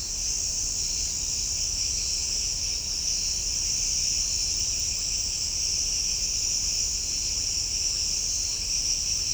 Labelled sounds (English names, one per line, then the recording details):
none
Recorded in shrubland near Pivijay, Magdalena, Colombia, on 5 June 2023 at 01:00
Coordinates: 10.453, -74.365
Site P5-G022